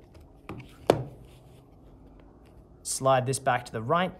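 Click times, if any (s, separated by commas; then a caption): 0.9 s. A removable battery pack is slid back into the battery bay of a Panasonic FZ-A3 rugged tablet, with a couple of softer knocks before it goes home with a sharp loud click at 0.9 s. The battery is seated, and someone talks afterward.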